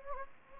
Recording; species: mosquito wingbeat signal from an infrared sensor; Anopheles gambiae